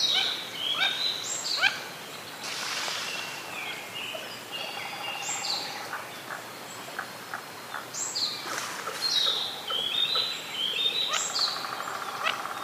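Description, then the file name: Mandarin duck calls, a series of high rising whistles spaced a few seconds apart, mixed with short chattering notes and a broad rushing noise partway through. "oshidori"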